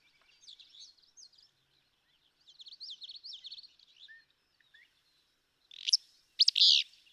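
Willow flycatcher song: one sneezy, burry phrase at the end. Before it, another bird gives a high, thin, warbling twitter.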